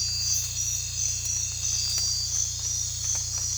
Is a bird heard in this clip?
no